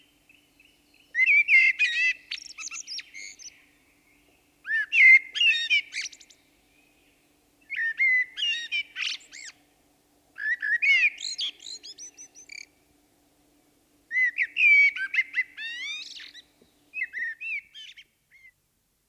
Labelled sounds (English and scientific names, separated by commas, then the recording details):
Song Thrush (Turdus philomelos) song
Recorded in the wild
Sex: male
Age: adult
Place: Breitenbach, Baden-Württemberg, DE
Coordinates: 49.0417, 10.2128
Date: 1971-04-28
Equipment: Uher Report 4200, Scotch-Classic 19cm, AKG D190C in Doppelparabolreflektoren
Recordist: Krey, Winfried